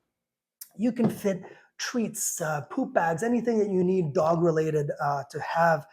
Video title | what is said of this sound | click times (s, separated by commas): MidWest Homes for Pets Skudo Plastic Carrier | these two little compartments in the front and the back right there just snap into place, just like that. | 0.6 s